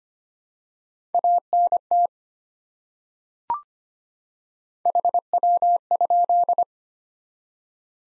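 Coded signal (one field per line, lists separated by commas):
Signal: Morse code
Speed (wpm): 25 wpm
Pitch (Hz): 700 Hz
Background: none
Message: ANT HW?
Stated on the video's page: Morse code head-copy practice at 25 wpm of common QSO elements, each sent, spoken, then sent again.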